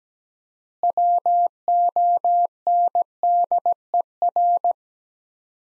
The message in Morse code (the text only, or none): WONDER